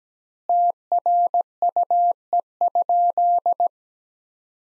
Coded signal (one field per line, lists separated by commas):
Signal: Morse code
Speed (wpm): 17 wpm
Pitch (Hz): 700 Hz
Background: none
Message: TRUE?